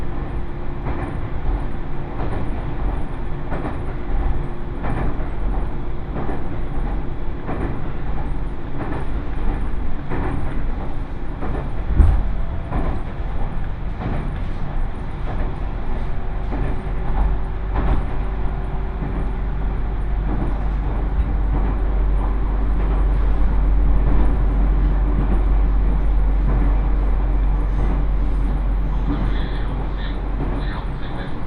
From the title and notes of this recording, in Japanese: 耳で楽しむ鉄道旅 飯田線 三河槇原→新城。トンネル区間ばかりだったのも終わって、高台を走ったり国道１５１号線と並走しながら新城へと向かっていきます。